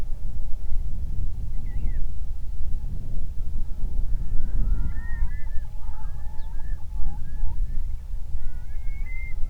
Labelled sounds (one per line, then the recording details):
songbird
loon
wind
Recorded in the Prudhoe Bay oil fields, Alaska, on 31 July 2019 at 08:15
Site 24